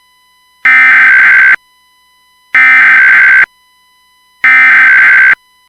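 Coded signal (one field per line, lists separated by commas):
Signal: Emergency Alert System (SAME) tones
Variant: header bursts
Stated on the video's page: Recreated EAS scenario using valid SAME tones, with a Radioshack 12-996 siren involved; simulated, not aired.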